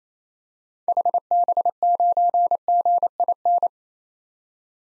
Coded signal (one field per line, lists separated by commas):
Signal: Morse code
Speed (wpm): 27 wpm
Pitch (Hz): 700 Hz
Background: none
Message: HB9GIN